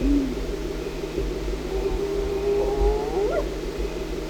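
Spotted hyena whoop: a long low tone slowly rising, then a quick upward sweep, over a steady low hum.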